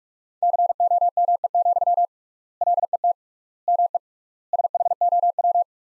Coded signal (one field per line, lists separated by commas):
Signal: Morse code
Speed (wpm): 45 wpm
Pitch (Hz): 700 Hz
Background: none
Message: COME, LET ME SHOW